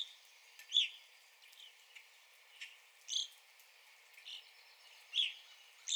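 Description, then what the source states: Evening grosbeak calls, loud ringing chirps every couple of seconds, with softer calls between them. 9 April 2021.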